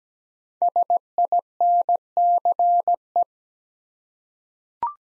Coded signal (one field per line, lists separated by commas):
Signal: Morse code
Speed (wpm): 17 wpm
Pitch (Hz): 700 Hz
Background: none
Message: SINCE